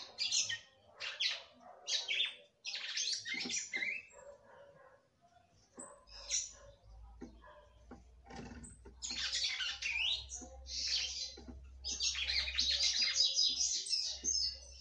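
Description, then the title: Red-cowled cardinal singing varied whistled and burry phrases in uneven bursts, with a quiet gap near the middle and a low hum in the later part. "Galo De Campina"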